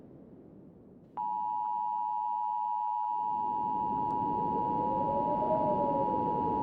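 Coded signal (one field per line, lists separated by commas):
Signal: Emergency Alert System (SAME) tones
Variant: 853 and 960 Hz attention tone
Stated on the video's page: Fictional tornado EAS scenario for Las Vegas, simulated and not meant to be realistic.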